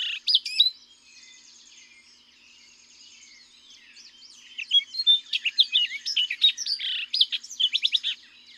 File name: Orchard Oriole